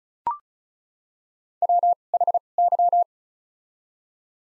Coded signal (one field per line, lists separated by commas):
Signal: Morse code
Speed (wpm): 36 wpm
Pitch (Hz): 700 Hz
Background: none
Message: WHY